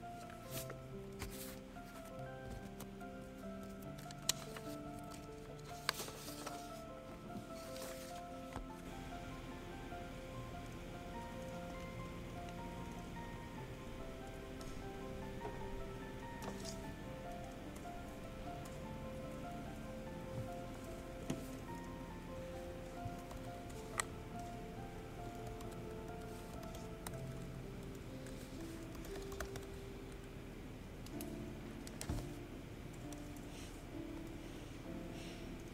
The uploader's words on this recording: Study with me at hogwarts (aka the yale library!).